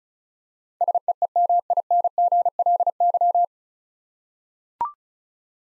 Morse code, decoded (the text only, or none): SEEMINGLY